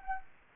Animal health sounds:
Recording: mosquito wingbeat signal from an infrared sensor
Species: Anopheles gambiae

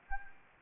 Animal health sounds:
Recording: mosquito wingbeat signal from an infrared sensor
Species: Anopheles gambiae

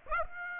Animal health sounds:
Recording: mosquito wingbeat signal from an infrared sensor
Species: Aedes aegypti

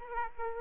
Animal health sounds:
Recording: mosquito wingbeat signal from an infrared sensor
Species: Aedes aegypti

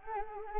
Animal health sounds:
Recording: mosquito wingbeat signal from an infrared sensor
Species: Anopheles arabiensis

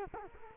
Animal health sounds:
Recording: mosquito wingbeat signal from an infrared sensor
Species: Culex quinquefasciatus

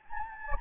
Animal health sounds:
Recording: mosquito wingbeat signal from an infrared sensor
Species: Anopheles gambiae

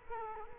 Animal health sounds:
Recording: mosquito wingbeat signal from an infrared sensor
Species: Culex quinquefasciatus

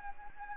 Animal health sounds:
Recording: mosquito wingbeat signal from an infrared sensor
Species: Anopheles gambiae

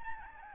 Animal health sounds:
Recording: mosquito wingbeat signal from an infrared sensor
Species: Aedes albopictus

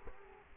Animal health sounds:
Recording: mosquito wingbeat signal from an infrared sensor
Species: Culex quinquefasciatus

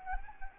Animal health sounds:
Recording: mosquito wingbeat signal from an infrared sensor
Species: Anopheles gambiae

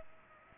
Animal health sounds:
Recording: mosquito wingbeat signal from an infrared sensor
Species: Aedes aegypti

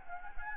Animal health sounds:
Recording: mosquito wingbeat signal from an infrared sensor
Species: Anopheles gambiae

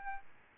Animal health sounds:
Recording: mosquito wingbeat signal from an infrared sensor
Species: Aedes albopictus

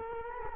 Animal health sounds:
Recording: mosquito wingbeat signal from an infrared sensor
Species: Culex quinquefasciatus

